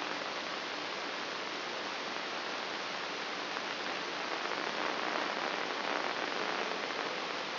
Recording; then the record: brain microelectrode recording played as sound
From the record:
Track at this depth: inside the subthalamic nucleus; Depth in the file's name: 4.265 mm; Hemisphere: left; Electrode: 3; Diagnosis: Parkinson's disease